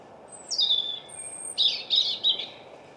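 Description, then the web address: European robin song: a thin high whistle sliding down, then a run of sweet, twittering notes after a brief pause, over a soft low background hiss. "Deverinetal 2025 Bird Only Er Ru"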